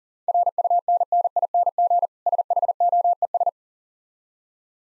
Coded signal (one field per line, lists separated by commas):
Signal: Morse code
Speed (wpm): 40 wpm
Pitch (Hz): 700 Hz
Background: none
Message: RUNNING SHOES